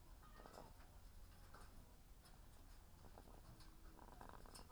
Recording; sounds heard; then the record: poultry house recording; sick chickens (respiratory disease)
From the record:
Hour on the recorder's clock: 18